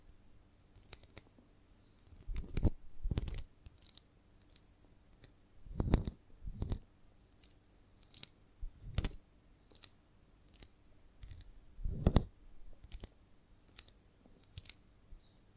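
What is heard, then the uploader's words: ASMR sounds from a honeycomb on a branch: a steady run of crisp, bright clicks and taps repeating about once or twice per second. Heavier, fuller knocks stand out near 2.5, 3, 6, 9 and 12 seconds, with quiet gaps between the taps. ASMR of a Honeycomb on Branch (No Talking).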